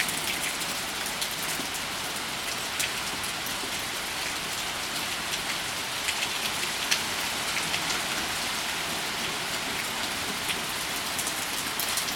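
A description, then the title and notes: Steady, dense rain patters onto a porch, a constant bright hiss with occasional sharper drops standing out, unchanging throughout with little low rumble. The delicious sound of rain on a porch while you shelter inside. At times like this you forget it can rain so hard; the clouds overturned and emptied like water buckets on the ground before you. The rain continues to cascade.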